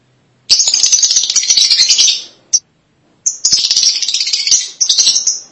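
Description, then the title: Lovebird giving two long, harsh, rattling chatter bursts, each about two seconds, split by a brief squeak and a short silence. "BM Suara Burung Lovebird"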